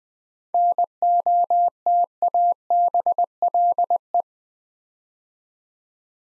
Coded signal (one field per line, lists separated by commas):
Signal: Morse code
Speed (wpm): 20 wpm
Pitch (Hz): 700 Hz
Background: none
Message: NOTABLE